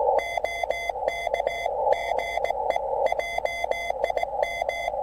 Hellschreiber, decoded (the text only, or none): none